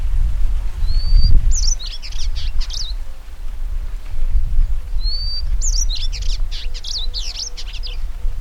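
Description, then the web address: Purple indigobird song given twice, each a thin whistle followed by a burst of rapid buzzy, jumbled high notes, with steady low rumble beneath. "Indigobird Song Vidua purpurascens"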